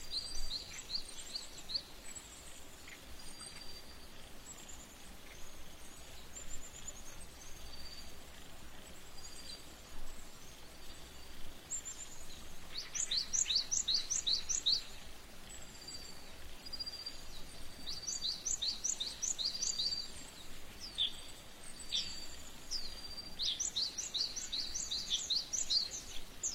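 Outdoors in a field of yellow rapeseed flowers, small birds chirp and trill high, with bursts of rapid song around 13 and 24 seconds over steady low hiss.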